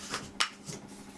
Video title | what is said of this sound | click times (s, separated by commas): Unboxing: Nikkor Z 50mm f/1.8 S | that you can see what it looks like with the lens hood clicks into place there | 0.4 s